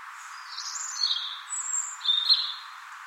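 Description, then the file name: European robin song: thin, high, varied warbled phrases with sliding whistles and twittering notes, over steady low background hiss. "Erithacus rubecula"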